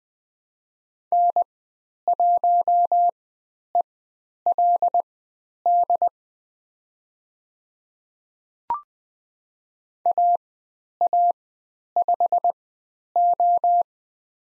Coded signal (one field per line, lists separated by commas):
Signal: Morse code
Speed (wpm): 20 wpm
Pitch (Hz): 700 Hz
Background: none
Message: N1ELD AA5O